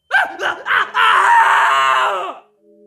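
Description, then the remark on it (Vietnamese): A young man's terrified scream breaks the silence of a row of rented rooms: three short, choked cries lead into one long, loud, strained shriek that wavers and then slides downward in pitch before breaking off. “rú lên một cách kinh hãi, tiếng thét như xé tan cái bầu không khí tĩnh lặng của cả dãy trọ.”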